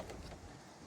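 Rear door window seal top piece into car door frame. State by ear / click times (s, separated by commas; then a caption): not seated / none. The top piece of a Chrysler 300 rear door glass seal (run channel) is bent by hand to pop it into the car door frame. Only low, steady handling and rubbing noise is heard, with no sharp hit. Nothing has seated or clicked yet.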